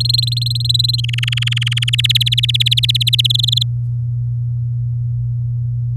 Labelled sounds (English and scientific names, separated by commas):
Domestic Canary (Serinus canaria) song